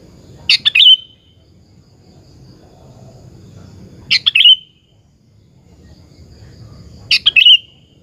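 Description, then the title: Sooty-headed bulbul singing short, bubbly chirping phrases, three brisk bursts spaced a few seconds apart, over a low background rumble. "Kutilang"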